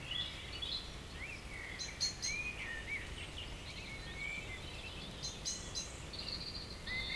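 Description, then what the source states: Birds singing: several short rising whistles and chirps from different birds, spaced throughout, with a constant low background rumble. Evening village birds in Tregastel bourg, Pleumeur-Bodou, France; around 8 pm, humid weather, April 2019; recorded with MKH 8040 ORTF pair, Rycote, Zoom H5.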